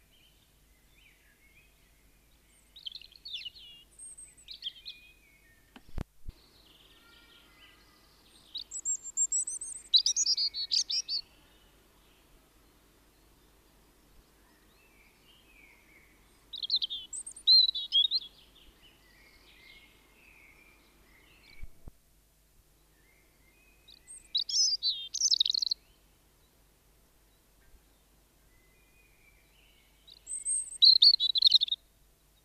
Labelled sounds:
European Robin (Erithacus rubecula) song

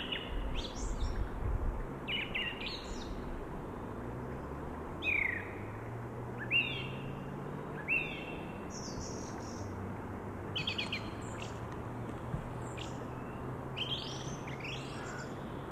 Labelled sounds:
Song Thrush (Turdus philomelos) song

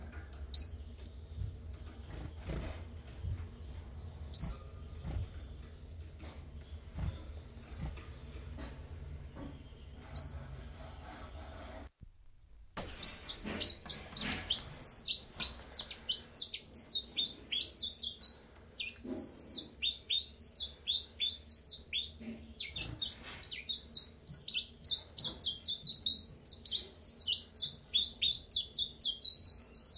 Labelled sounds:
Common Chiffchaff (Phylloscopus collybita)

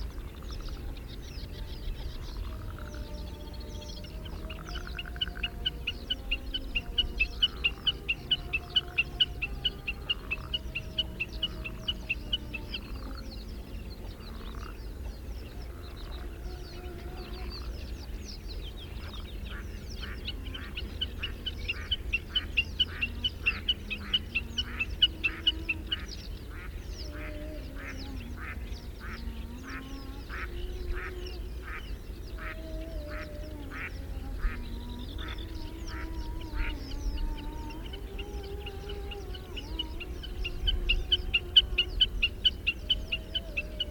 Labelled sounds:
Common Snipe (Gallinago gallinago) call

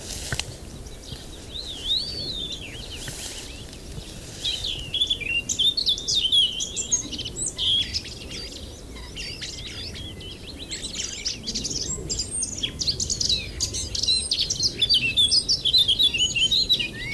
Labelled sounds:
Eurasian Blackcap (Sylvia atricapilla) song

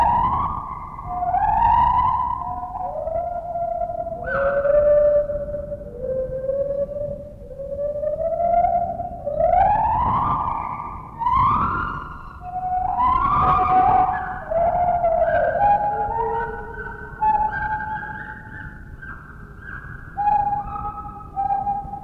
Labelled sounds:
Lar Gibbon (Hylobates lar)

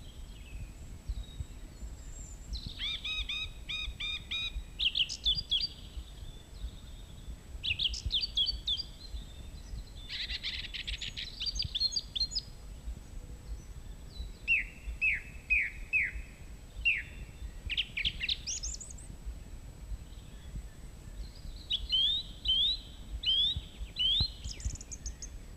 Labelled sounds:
Song Thrush (Turdus philomelos) song

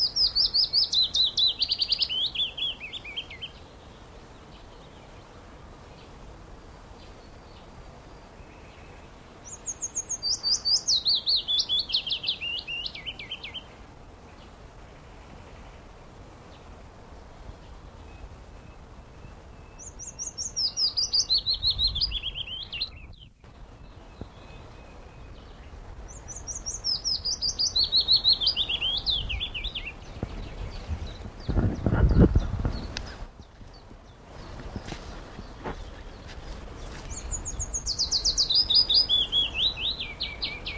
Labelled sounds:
Willow Warbler (Phylloscopus trochilus) song

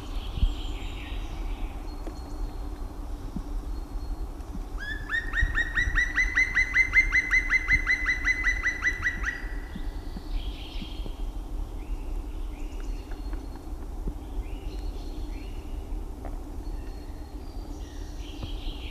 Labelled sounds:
Black Woodpecker (Dryocopus martius)

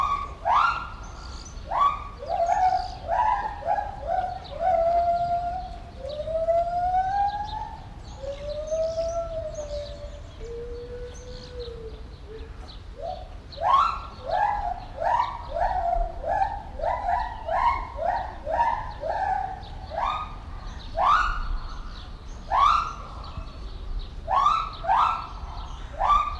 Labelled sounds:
Lar Gibbon (Hylobates lar)

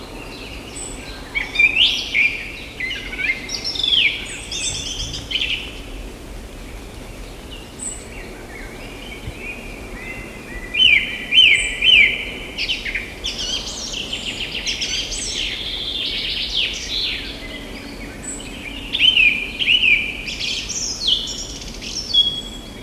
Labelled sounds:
Song Thrush (Turdus philomelos) song

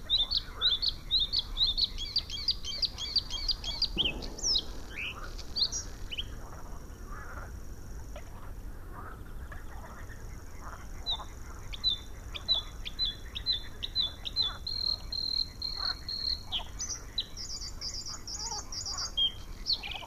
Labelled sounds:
Bluethroat (Luscinia svecica) song

